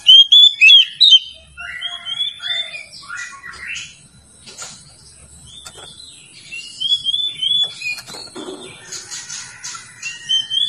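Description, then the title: Oriental magpie-robin song: loud, varied whistled phrases, rising and falling, with rapid chattering notes in quick succession, fading toward softer warbling then resuming. "Kacer"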